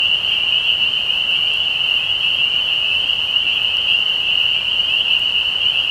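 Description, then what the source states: Dense spring peeper chorus, a bright, high continuous ringing made of many overlapping peeps, unchanging over these few seconds. Recorded 15 May 2020.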